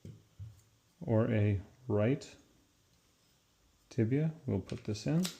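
A disposable plastic Medacta tibial guide insert, the instrument component for the left or right tibia, is handled and readied to go into a disposable knee arthroplasty tibial alignment guide while someone talks. The part has not gone home yet, and nothing has seated or clicked.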